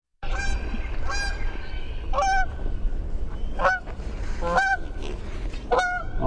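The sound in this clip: Canada goose honking, about six loud nasal honks spread irregularly over six seconds, over a steady low rumble of background noise.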